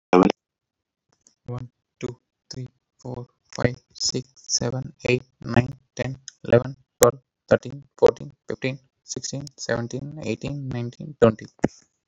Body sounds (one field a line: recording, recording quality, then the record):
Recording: counting at a normal pace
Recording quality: moderate, slight background noise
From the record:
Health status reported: healthy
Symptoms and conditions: none ticked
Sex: male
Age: 31 years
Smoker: not ticked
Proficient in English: yes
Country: India